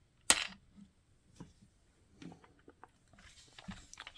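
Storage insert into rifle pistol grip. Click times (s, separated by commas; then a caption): 0.3 s. A storage insert holding spare components is slid back up into the pistol grip of a Colt SCAR-L Type B clone rifle and clicks into place with a sharp, loud snap at 0.3 s. Softer handling taps and faint rustling follow until the end. The insert is seated.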